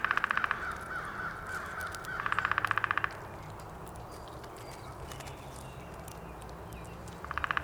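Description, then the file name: Downy woodpecker drumming: rapid, even bursts of taps, heard three times with pauses between, over a steady low background hum. Recorded 19 April 2019. "2019-04-19 Downy Woodpecker"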